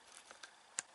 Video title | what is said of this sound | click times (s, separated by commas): Sony A6000 and Unboxing of the Vivitar Battery Grip for the Sony A6000 | you lock it in. | 0.8 s